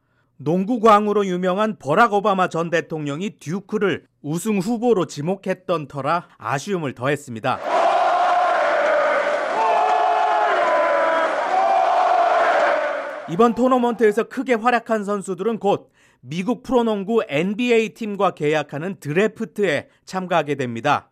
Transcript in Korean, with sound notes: 농구광으로 유명한 바락 오바마 전 대통령이 듀크를 우승 후보로 지목했던 터라, 아쉬움을 더했습니다. [녹취: 농구경기 현장음] 이번 토너먼트에서 크게 활약한 선수들은 곧 미국 프로농구 팀과 계약하는 ‘드래프트 ’에 참가하게 됩니다.